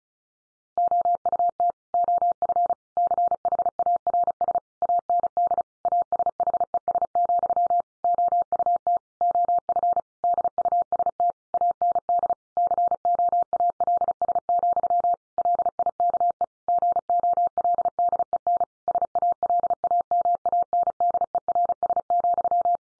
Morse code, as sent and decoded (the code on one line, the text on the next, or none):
--- ..- - / --- ..-. / -.-. .... .- .-. ... / .- -. -.. / .- ... .... . ... --..-- / --- ..- - / --- ..-. / -.. ..- ... - / .- -. -.. / -.-. --- .- .-.. ... --..-- / .-.. .. -.- . / --. --- .-.. -.. . -. / ... .- .-.. .- -- .- -. -.. . .-. ... --..--
OUT OF CHARS AND ASHES, OUT OF DUST AND COALS, LIKE GOLDEN SALAMANDERS,